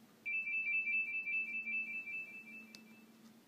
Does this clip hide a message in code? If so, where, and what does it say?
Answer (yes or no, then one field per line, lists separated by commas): no